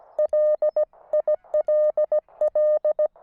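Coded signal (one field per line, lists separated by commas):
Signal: Morse code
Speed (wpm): 17 wpm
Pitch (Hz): 610 Hz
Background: none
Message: LILL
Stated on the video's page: QRP portable station using a Weber MTR with 4S tuner and QRPGuys tri-band vertical antenna, operated while camping.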